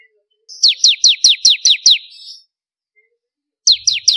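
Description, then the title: Prinia song, a string of seven sharp descending notes, a pause, then three more beginning another phrase. "Kicau Ciblek Kristal"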